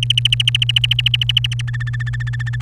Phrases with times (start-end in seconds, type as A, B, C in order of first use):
0.03-1.61 A, 1.68-2.62 B